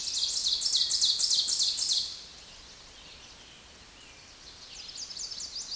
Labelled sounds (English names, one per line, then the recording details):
Ovenbird song
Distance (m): 15 m
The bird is about 5 m above the microphone
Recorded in a Pennsylvania forest on 16 May 2024 at 06:27
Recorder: AudioMoth, point MSD-0475
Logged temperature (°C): 12.3 °C
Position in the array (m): 135 m, 5 m